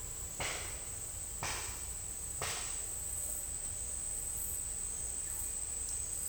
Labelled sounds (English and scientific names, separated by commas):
none